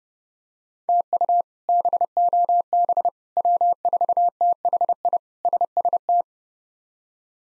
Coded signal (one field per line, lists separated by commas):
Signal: Morse code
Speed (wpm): 30 wpm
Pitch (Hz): 700 Hz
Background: none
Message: TU BOB W4THI SST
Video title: K1USN SST QSO Practice 30wpm